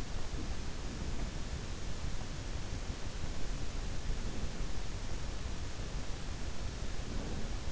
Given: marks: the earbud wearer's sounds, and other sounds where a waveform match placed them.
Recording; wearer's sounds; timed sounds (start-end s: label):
sounds in sleep by an in-ear microphone; breath
0.00-1.56 s: breath
4.09-4.65 s: breath
6.86-7.64 s: breath